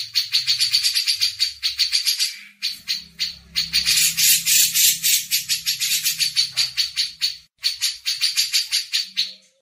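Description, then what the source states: Grey-cheeked bulbul keeps up a harsh chattering rattle of quick notes, with a few brief breaks. Masteran training audio.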